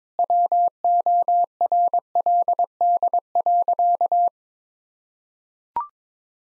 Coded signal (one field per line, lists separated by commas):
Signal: Morse code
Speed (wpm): 21 wpm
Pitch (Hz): 700 Hz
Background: none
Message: WORLD.